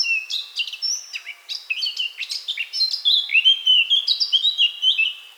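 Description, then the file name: Eurasian blackcap song, a rapid run of varied chirps, sweeping whistled notes and fluting warbles. "Sylvia atricapilla"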